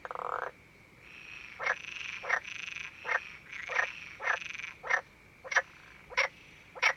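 Frog croaks, a series of short rasping pulses at irregular intervals over a steady high hum.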